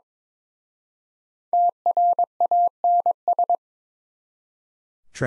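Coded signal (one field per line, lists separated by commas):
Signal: Morse code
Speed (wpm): 27 wpm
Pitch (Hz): 700 Hz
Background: none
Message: TRANS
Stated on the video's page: Morse drill of prefixes and suffixes in speed-racing format, starting at 1.5 times 22 wpm and slowing to 22 wpm; final repeat at maximum speed.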